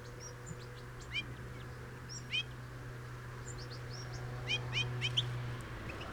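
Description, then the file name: European goldfinch calls: scattered short bright chirps and fluid twitters in small clusters with pauses between, over a constant low hum. "Carduelis carduelis"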